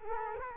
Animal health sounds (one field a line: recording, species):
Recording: mosquito wingbeat signal from an infrared sensor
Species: Culex quinquefasciatus